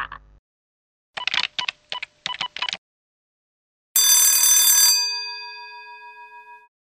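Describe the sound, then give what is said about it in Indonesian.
A telephone rings as a call is placed to a travel agency, in short, buzzy electronic bursts grouped in quick pairs, followed by one bright, bell-like tone that rings out and slowly fades. No one speaks. “Aha, telepon travel aja, travel Cipagita.”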